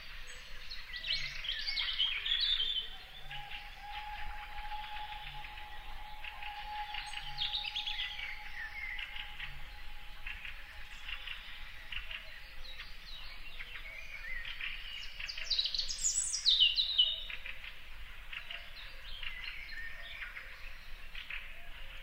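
A lakeside forest wakes on an early summer morning, with a dense, unbroken chorus of birdsong chirping and trilling throughout. The singing swells near the start and again around 15–17 seconds, where one bright call rises sharply. A steady low hum runs beneath from about 3 to 10 seconds, alongside faint, regular low thumps.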